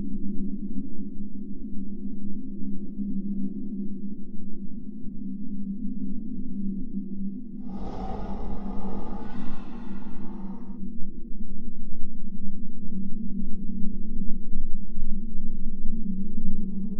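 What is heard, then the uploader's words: Exoplanet ambience: a steady, dense low drone hums throughout with a faint, wavering moan-like tone. From about 8 to 11 seconds a brighter, hissing swell rises over it, then falls away, leaving the low drone to continue unchanged to the end. Alien planet | Exoplanet Ambience.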